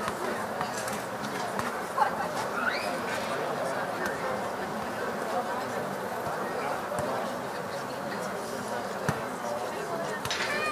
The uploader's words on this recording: Audio Journeys of Berlin: Summer Evening Joy and Child Play.